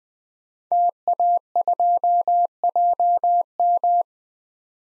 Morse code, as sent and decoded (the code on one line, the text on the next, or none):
- .- ..--- .--- --
TA2JM